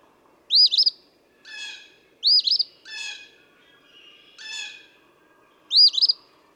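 Eastern phoebe song, three raspy two-part phrases alternating with harsher buzzy notes.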